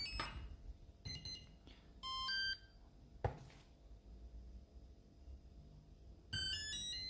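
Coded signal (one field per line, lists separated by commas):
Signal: beep code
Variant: Skywalker ESC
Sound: a few electronic beeps at different pitches, a click, then a chime-like tone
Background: handling clicks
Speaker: it eventually will make a chime it'll first beep beep beep and then it'll start a chime that's entering its programming mode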